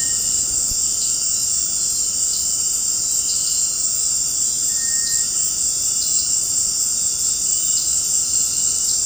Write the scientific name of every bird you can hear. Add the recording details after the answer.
Crypturellus cinereus. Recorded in dense forest near Puerto Asís, Putumayo, Colombia, on 13 March 2025 at 18:30. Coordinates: 0.500, -76.322. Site GP06